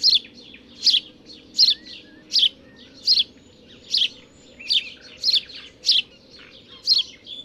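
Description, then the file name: House sparrow giving a steady series of loud, harsh chirps, about one every 0.7 seconds, with a low background hum throughout. "Passer domesticus"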